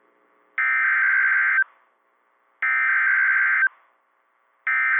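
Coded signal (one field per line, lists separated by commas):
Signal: Emergency Alert System (SAME) tones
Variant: header bursts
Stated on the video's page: EAS alerts from one severe weather day, including a PDS Tornado Warning in the Indianapolis coverage area.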